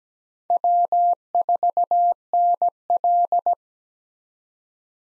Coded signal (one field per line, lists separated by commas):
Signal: Morse code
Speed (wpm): 17 wpm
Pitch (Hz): 700 Hz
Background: none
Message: W4NL